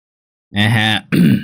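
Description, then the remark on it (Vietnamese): A man clears his throat outside a gate in two rough bursts: a longer voiced, gravelly rasp followed by a shorter, harsher cough-like hack after a brief pause. “Đang lúc đứng nghĩ ngợi lung tung, ở bên ngoài cổng có tiếng hắng giọng.”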